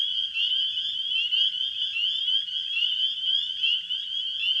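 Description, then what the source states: Spring peeper chorus, a constant shrill jingle of overlapping high peeps with gentle surges in volume. Spring peepers calling in a wetland in spring.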